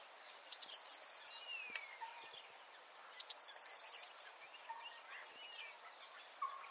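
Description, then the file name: Eurasian blue tit giving two high, rapid trilled calls, each a quick stuttering run of notes, roughly three seconds apart, with faint chirps behind. "Cyanistes caeruleus"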